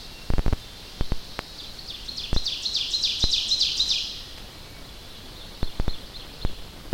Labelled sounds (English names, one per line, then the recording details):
Ovenbird song
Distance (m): 35 m
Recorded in boreal forest in Alberta, Canada, on 10 June 2016 at 07:49
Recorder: SongMeter 3, array SBT-3-39
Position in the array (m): 324 m, 145 m
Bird 19